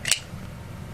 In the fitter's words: the positive click you get on the frame lock despite the fact that it's a little difficult to deploy